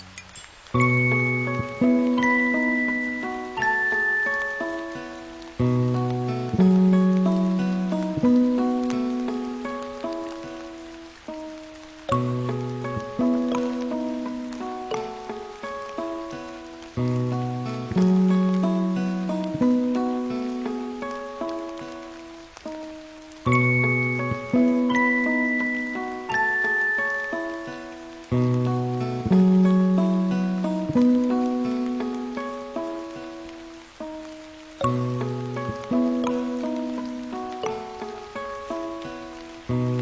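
Gentle music with rain sounds: a calm, repeating melody of clear, ringing notes over low bass tones, each note fading after it is struck. The same phrase cycles roughly every eleven seconds, with a soft steady rain hiss underneath throughout.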